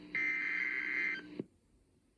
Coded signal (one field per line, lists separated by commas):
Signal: Emergency Alert System (SAME) tones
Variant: header bursts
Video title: Convective Handful (of hail) - EAS Alerts from 5/5/25 || EAS 1,752-1,756